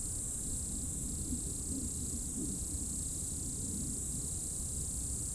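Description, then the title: Insect chorus as an unbroken high-pitched shimmer with occasional soft chirps, over a constant low rumble. Insects in roadside bank and trees at dusk, first hairpin of Col du Chat road, Bourdeau, France; plane and a few vehicles; recorded on Tascam DAP1 DAT, from a 2006 CDR. "route col du Chat, Bourdeau, France - Tutti insectes"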